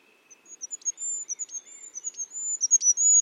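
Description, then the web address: Bird calls: thin, very high whistled notes held and sliding near the top of the range, broken by brief sharp chips, with a fainter lower whistle running beneath. "cianscape. Deverinetal 2025. Bird Only"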